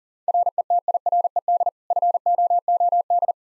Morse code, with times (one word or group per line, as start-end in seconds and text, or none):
0.3-1.7 RETIRED
1.9-3.3 FOOD